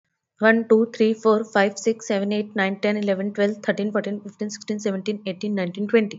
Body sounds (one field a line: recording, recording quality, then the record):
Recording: counting at a fast pace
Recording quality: excellent, no background noise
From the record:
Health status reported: healthy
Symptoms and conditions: none ticked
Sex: female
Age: 33 years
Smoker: not ticked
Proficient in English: yes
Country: India